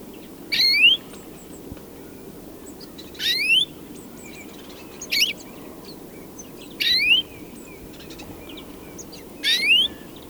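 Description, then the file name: European greenfinch giving a clear, upward-sweeping nasal call, repeated five times a few seconds apart, with faint other chirps and low background hiss. "Chloris chloris"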